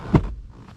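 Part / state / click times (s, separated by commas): rear seat bottom cushion into floor retaining clips / seated / 0.2 s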